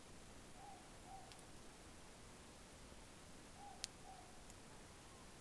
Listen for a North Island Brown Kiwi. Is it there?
no